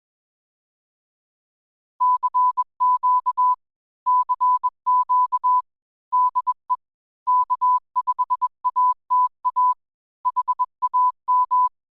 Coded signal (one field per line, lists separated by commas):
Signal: Morse code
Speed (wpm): 21 wpm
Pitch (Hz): 1000 Hz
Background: none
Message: CQ CQ DE K5ATA HAM